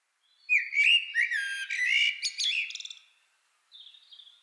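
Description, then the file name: Eurasian blackbird singing one rich, flute-like warbling phrase that breaks into high scratchy twittering, followed by a faint high squeak; no other sounds. "Turdus merula"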